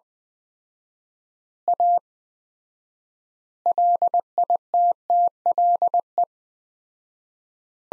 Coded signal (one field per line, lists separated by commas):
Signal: Morse code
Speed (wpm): 20 wpm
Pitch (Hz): 700 Hz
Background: none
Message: A LITTLE